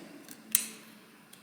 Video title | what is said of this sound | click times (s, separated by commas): Clixo on Amazon Live - The Coolest Magnetic Building Toy Ever | cool thing about Clixo is that it comes with these really strong magnets that snap into place with a really satisfying sound | 0.5 s